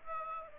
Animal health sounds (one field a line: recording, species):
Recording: mosquito wingbeat signal from an infrared sensor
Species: Aedes aegypti